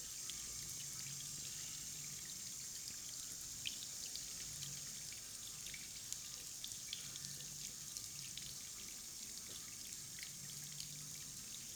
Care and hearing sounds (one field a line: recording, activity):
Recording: daily activity, guitar pickup as the sensor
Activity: wash hands